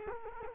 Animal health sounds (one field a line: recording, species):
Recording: mosquito wingbeat signal from an infrared sensor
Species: Culex quinquefasciatus